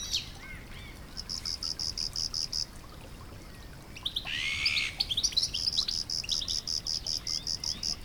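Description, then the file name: European goldfinch calls: thin twittering notes early on, then a buzzy burst near midway followed by tinkling notes, with pulsing cricket chirps in stretches. "Carduelis carduelis"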